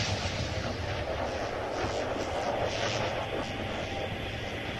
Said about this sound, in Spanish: A los 2 últimos aviones también les llega la destrucción inexorable. Son derribados con espantosa facilidad.